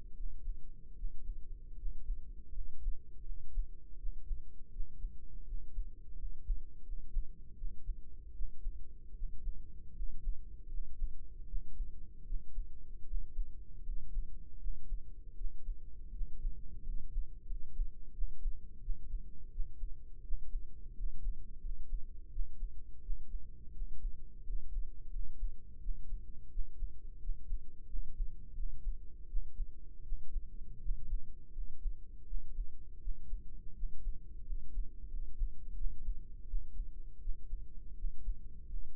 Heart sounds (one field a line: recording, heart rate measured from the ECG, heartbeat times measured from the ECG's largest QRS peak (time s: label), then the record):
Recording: heart sounds by microphone in the right ear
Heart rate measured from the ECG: 83 bpm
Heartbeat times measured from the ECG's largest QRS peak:
0.12 s: heartbeat
0.93 s: heartbeat
1.74 s: heartbeat
2.51 s: heartbeat
3.22 s: heartbeat
3.95 s: heartbeat
4.68 s: heartbeat
5.43 s: heartbeat
6.15 s: heartbeat
6.81 s: heartbeat
7.54 s: heartbeat
8.31 s: heartbeat
9.12 s: heartbeat
9.92 s: heartbeat
10.67 s: heartbeat
11.44 s: heartbeat
12.22 s: heartbeat
13.03 s: heartbeat
13.81 s: heartbeat
14.56 s: heartbeat
15.33 s: heartbeat
16.09 s: heartbeat
16.81 s: heartbeat
17.44 s: heartbeat
18.11 s: heartbeat
18.78 s: heartbeat
19.48 s: heartbeat
20.20 s: heartbeat
20.92 s: heartbeat
21.58 s: heartbeat
22.28 s: heartbeat
22.99 s: heartbeat
23.70 s: heartbeat
24.42 s: heartbeat
25.08 s: heartbeat
25.77 s: heartbeat
26.47 s: heartbeat
27.18 s: heartbeat
27.86 s: heartbeat
28.52 s: heartbeat
29.25 s: heartbeat
30.01 s: heartbeat
30.78 s: heartbeat
31.50 s: heartbeat
32.23 s: heartbeat
32.97 s: heartbeat
33.72 s: heartbeat
34.42 s: heartbeat
35.06 s: heartbeat
35.73 s: heartbeat
36.44 s: heartbeat
37.18 s: heartbeat
37.93 s: heartbeat
38.66 s: heartbeat
From the record:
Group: healthy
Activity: rest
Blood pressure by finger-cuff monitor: 114/62 mmHg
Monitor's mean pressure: 74 mmHg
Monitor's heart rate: 83 bpm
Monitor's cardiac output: 6.1 L/min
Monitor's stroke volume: 74 mL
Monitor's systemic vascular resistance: 870 dyn s/cm5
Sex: male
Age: 20 years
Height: 167 cm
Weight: 61 kg